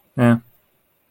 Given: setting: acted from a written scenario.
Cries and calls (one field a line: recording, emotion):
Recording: vocal sound without words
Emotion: neutral